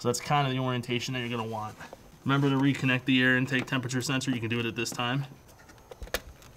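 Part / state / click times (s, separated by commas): PCV breather hose connector onto intake port / seated / 6.2 s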